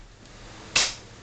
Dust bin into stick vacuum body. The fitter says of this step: you push the bottom end in and you want to hear it click